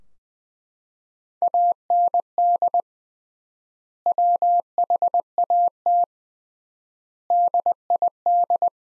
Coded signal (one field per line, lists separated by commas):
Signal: Morse code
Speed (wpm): 20 wpm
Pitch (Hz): 700 Hz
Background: none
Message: AND WHAT DID